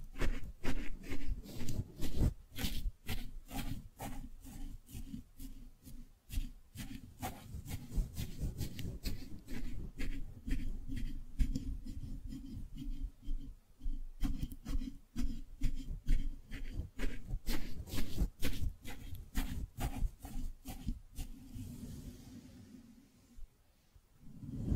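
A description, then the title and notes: Steady brushing, with rapid soft strokes and frequent sharp taps, low hum underneath, fading quieter near the end. ASMR Your Brain is Fluffy Like Cloud Cozy Brushing, Squishy Triggers for Sleep (No Talking).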